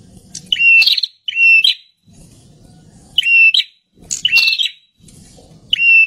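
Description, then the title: Bird giving several bright whistled calls at irregular intervals, each beginning with a sharp high click. "Kicau Burung"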